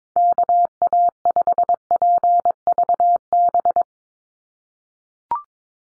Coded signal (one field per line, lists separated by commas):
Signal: Morse code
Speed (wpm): 22 wpm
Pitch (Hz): 700 Hz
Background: none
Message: KA5PVB